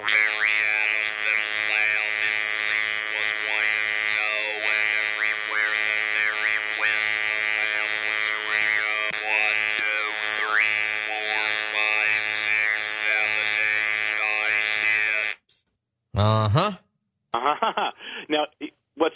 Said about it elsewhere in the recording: Read a brief passage for you with the electrolarynx held in front of my lips.